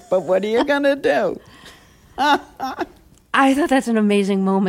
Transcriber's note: laughter